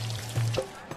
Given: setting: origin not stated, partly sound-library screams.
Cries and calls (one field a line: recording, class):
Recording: one-second piece from a danger detection set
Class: normal situation